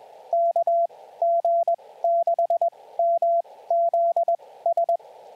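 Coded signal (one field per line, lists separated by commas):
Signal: Morse code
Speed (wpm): 21 wpm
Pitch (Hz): 680 Hz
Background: radio noise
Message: KG6MZS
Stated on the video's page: Morse callsign practice for SOTA chasers, sent on J.M. March S-3A magnetic paddles, each callsign followed by a phonetic announcement.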